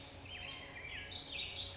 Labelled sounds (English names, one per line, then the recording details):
Black-headed Grosbeak
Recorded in Sonoma County, California